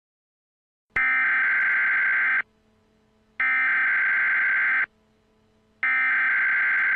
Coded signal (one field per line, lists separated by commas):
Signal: Emergency Alert System (SAME) tones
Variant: header bursts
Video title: EAS Scenario - Tornado Warning VS. Tsar Bomba